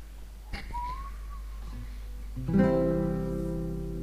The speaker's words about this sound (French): Ah oui, le sifflet, c'est plus pratique.